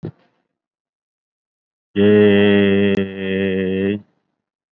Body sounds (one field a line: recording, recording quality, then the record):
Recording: sustained vowel as in made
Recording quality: excellent, no background noise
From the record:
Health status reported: COVID-19 positive, moderate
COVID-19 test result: positive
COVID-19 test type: RT-PCR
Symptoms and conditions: cough, breathing difficulty, fever, fatigue, muscle pain, loss of smell and taste, hypertension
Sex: male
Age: 50 years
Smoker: no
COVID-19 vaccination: both doses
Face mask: worn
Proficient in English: no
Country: India